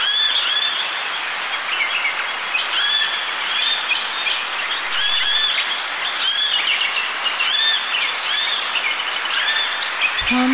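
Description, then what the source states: Bird chorus of overlapping bright chirps and short whistles, repeating throughout with a constant airy wind hiss beneath. Birds with gentle wind blowing.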